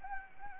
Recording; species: mosquito wingbeat signal from an infrared sensor; Anopheles gambiae